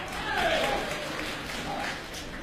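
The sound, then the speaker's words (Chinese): Thin, scattered clapping from a small audience at a Spring Festival quyi (Chinese folk performing arts) show at the Huguang Guild Hall in Beijing, a soft steady patter of hands with no strong rhythm, with a brief faint tonal sound drifting through it. “谢谢现场所有热情的观众，您这么稀稀拉拉的掌声，谢谢大家。”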